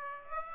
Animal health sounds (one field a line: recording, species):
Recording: mosquito wingbeat signal from an infrared sensor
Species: Aedes aegypti